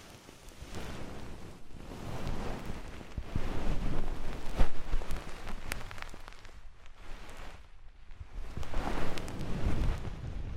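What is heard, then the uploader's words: Oily, foamy ear massage, a rushing, muffled rubbing that swells and fades in slow waves, loudest around the fourth to fifth second and again near the tenth. Soft crackles and little pops sprinkle through, with a brief lull around eight seconds. ASMR Oil, Foam and Tingly Ear Massage.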